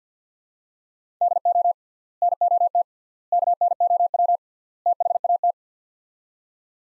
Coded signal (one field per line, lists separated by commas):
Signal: Morse code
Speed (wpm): 50 wpm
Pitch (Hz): 700 Hz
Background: none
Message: DO NOT KNOW THAT